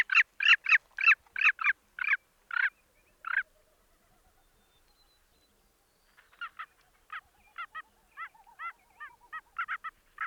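Bird calls: a fast series of sharp, strong notes, a pause, then softer, quicker chattering notes that resume and carry on.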